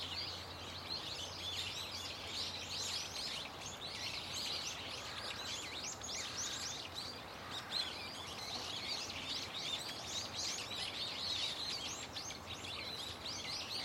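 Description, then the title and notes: Birds in a dense chorus, countless overlapping high chirps and twitters running without pause, with a faint low hum beneath. Many birds calling loudly and continuously from a tetrapod breakwater belt and its trees. "テトラ帯とその木々から、けたたましいほどのの鳥たちの鳴き声が・・・！"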